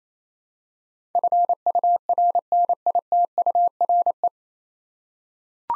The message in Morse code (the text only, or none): FURNITURE